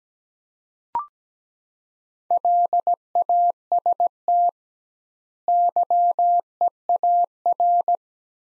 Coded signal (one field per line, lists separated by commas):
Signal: Morse code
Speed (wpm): 17 wpm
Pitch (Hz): 700 Hz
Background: none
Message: LAST YEAR